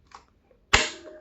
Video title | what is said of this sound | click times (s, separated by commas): Portrait bike mobile holder unboxing video tamil | click பண்ணால் open ஆகிடும். பார்த்திங்களா | 0.7 s